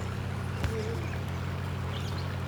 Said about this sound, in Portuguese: Olha o riacho aí do Cid de Poção, ó.